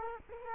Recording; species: mosquito wingbeat signal from an infrared sensor; Culex quinquefasciatus